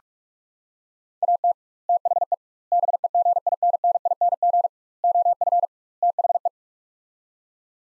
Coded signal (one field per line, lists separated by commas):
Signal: Morse code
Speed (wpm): 46 wpm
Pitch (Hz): 700 Hz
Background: none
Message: AT THE BEGINNING OF THE